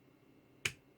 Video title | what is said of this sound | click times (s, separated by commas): Transformers Generations Brainstorm | Rotate that around till it clicks in. | 0.7 s